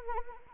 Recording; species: mosquito wingbeat signal from an infrared sensor; Anopheles arabiensis